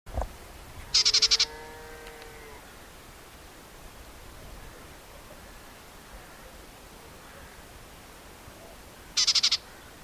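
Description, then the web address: White-throated warbler calls: two brief harsh rattles of fast pulses about eight seconds apart, a faint falling tonal note after the first, and a soft thump at the start. "white throated warbler bird call"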